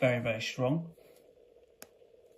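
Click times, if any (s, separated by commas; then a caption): 1.8 s. The stainless steel crown of an Accurist 70001 Origin wristwatch is pulled out of its pushed-in position in the watch case while someone talks. After the talking stops, a short, sharp click sounds at 1.8 seconds as the crown pops out of place with a strong release.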